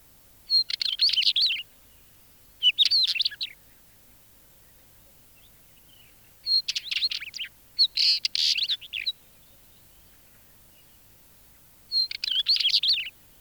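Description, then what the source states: Northern Wheatear song of brief scratchy bursts with high whistled notes, repeated five times at uneven intervals against a quiet background. Field recording released on cassette in Finland in 1987.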